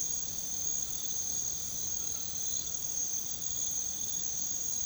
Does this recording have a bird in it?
no